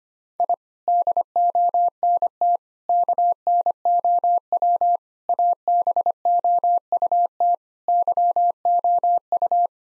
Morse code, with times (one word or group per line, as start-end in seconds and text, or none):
0.4-0.5 I
0.9-2.6 DONT
2.9-5.0 KNOW
5.3-7.5 ABOUT
7.9-9.7 YOU